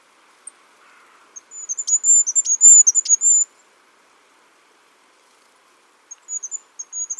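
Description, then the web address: Bird calls: a quick burst of very high, thin chirping notes lasting about two seconds, then silence, then a shorter, softer high series near the end. "birddata Deverinetal 2025"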